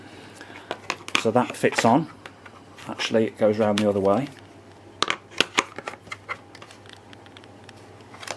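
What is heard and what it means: A stubby crevice tool is turned the other way round and handled at the hose or wand of a Miele S7 (S7510, U1) upright bagged vacuum cleaner while someone talks. Short sharp plastic knocks and clatters come between and after the speech, loudest around 5.0 to 5.4 s. Nothing has clicked or seated yet.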